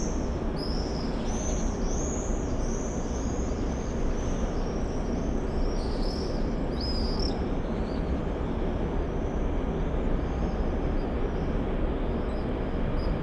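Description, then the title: Common swifts screaming, a run of shrill rasping screeches repeated in rapid series for about seven seconds, over a constant low background hum. Summer evening in a backyard in Bytom, Poland; many swifts circling; recorded with Zoom F4 and AT BP4025. "Zygmunta Starego 3, Bytom, Poland - Backyard swifts"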